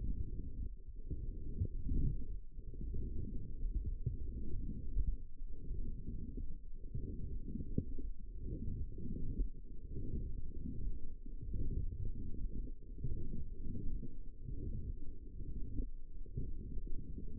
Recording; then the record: forearm muscle sounds (acoustic myography)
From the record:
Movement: forearm supination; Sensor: system 1, eight BSWA MPA416 microphones around the upper forearm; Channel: 8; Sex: female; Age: 20 years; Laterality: right